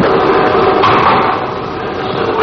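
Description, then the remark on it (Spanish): Loud, steady knocking on a wooden door frame, with hard raps running together into a dense, continuous clatter. No voices are heard. “había llegado a su puerta y tras golpear en el dintel de la misma se graba una pequeña conversación.”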